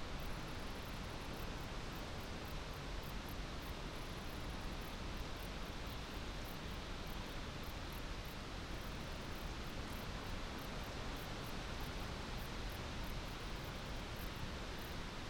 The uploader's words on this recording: Steam train stops at country station. It's a perfect Shropshire August day. We took this sound photograph of a steam train passing through Arley station last month. Balmy country sounds.